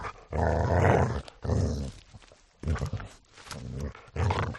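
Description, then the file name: Border collie snarling in long, throaty growls broken by sharp rasping bursts, repeated in about five surges with short pauses between. "smartsound ANIMAL DOG Border Collie Snarl Long"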